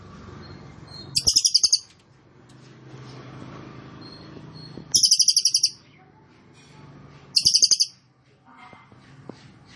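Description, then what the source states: Cililin delivers three short, shrill, rattling trills over a steady low background hum, spaced a few seconds apart. Recording made for training caged birds; song style called trorol konslet; bird singing very actively (gacor banget).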